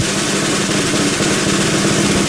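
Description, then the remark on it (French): A scooter engine runs steadily with a loud, continuous buzzing drone and a low throbbing rumble underneath, holding even without any pauses. No one speaks. “le scooter version Toff”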